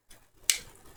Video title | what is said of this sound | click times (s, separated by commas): ASUS ROG SCAR STRIX 17 G732L - cambio porta ricarica fallito, possiamo rimediare? | quando noi lo inseriamo, sappiamo che è inserito, no? Lo sentiamo. Avete sentito il click? | 0.5 s